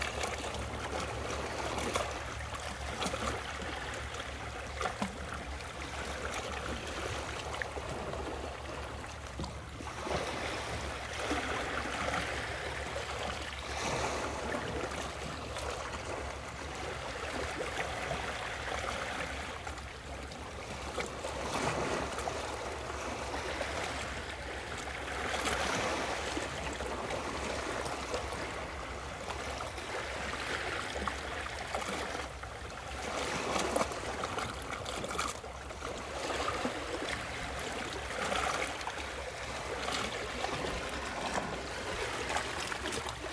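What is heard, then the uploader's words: Waves wash in a steady, dense rush of water that fills the whole clip, with a constant low hum underneath. Brighter surges swell every few seconds, around 10, 22 and 33 seconds, without ever dropping to quiet. WAVES.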